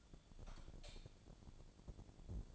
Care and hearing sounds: daily activity, microphone in the room; light off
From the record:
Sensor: 5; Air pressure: 1000.2 hPa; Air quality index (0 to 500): 103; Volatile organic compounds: 1 ppm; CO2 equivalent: 830 ppm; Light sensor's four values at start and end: 269/640/275/306 and 267/633/272/303

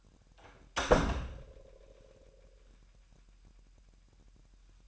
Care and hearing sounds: daily activity, microphone in the room; close door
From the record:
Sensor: 2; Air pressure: 998.3 hPa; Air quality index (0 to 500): 137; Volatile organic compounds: 4 ppm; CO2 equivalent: 1551 ppm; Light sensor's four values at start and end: 12/35/14/14 and 12/35/14/14

